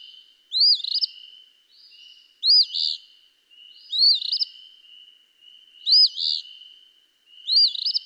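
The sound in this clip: Eastern phoebe song, five raspy fee-bee phrases over a faint steady high tone.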